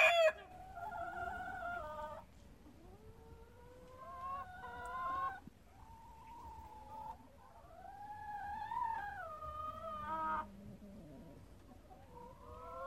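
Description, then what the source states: Chickens giving a series of long, wavering tonal calls rising and falling in pitch, with soft background noise throughout. Domestic chickens in a henhouse, with a rooster present.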